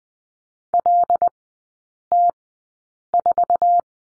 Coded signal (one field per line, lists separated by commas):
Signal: Morse code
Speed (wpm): 20 wpm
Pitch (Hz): 700 Hz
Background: none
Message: LT4